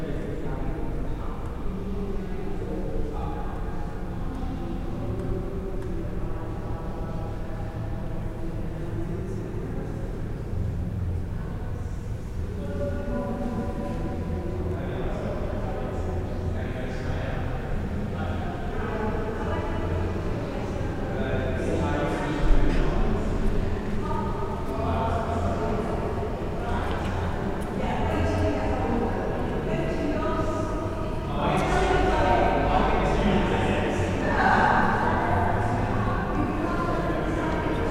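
Inside an abbey, a steady murmur of many voices fills a large, echoing space, blending into a continuous hum. Low rumbles come and go beneath the chatter, and around the middle a brief louder knock or step stands out.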